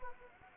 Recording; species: mosquito wingbeat signal from an infrared sensor; Anopheles gambiae